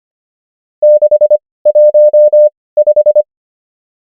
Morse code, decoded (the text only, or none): 615